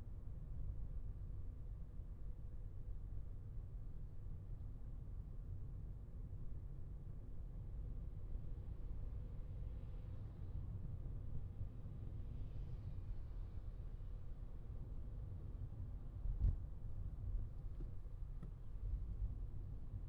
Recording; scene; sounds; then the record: everyday scene through a hearing-aid microphone; in a vehicle; engine, traffic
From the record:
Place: Skoda Fabia, gasoline engine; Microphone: in the ear canal, left